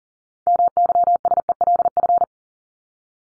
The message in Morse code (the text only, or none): MYSELF